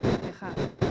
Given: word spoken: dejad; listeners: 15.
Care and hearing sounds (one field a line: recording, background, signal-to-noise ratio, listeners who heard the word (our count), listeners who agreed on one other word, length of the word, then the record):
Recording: one Spanish word in noise, from a listening test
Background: noise modulated by one talker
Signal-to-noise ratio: -7.9 dB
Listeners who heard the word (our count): 0 of 15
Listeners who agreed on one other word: 9 of 15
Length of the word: 0.51 s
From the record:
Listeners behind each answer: 9, 2, 2, 2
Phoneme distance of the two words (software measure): 10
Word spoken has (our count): 2 syllables, 5 phonemes, stress on syllable 2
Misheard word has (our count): 2 syllables, 5 phonemes, stress on syllable 2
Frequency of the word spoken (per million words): 0.97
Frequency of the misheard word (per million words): 147.47